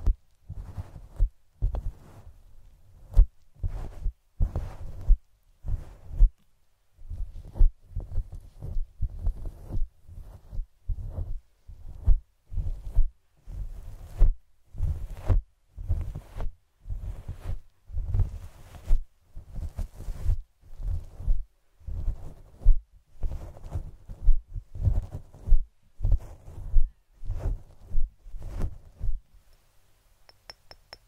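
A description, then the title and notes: Fluffy mic triggers in a scalp-massage style: soft, muffled rubbing strokes repeat about once or twice a second, each a deep thump with a hissy brush on top. The rhythm stays steady like a slow heartbeat, with brief pauses, and trails off near the end. Fluffy Mic TRIGGERS. Scalp Massage. No Talking.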